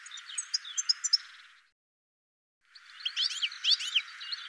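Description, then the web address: Bird calls: a run of evenly spaced high tinkling notes, silence, then a second bout of excited, rapid chirps and twitters. "cianscape birddata"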